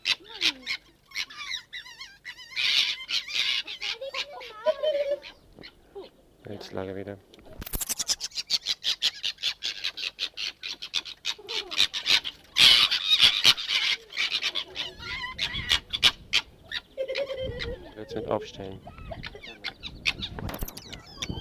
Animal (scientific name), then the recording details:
Vulpes corsac. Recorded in captivity. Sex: pair. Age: adult. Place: Tierpark Berlin, Berlin, DE. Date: 1968-03-09 15:00. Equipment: R 20/1, Sennheiser MD 421. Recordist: Tembrock, Günter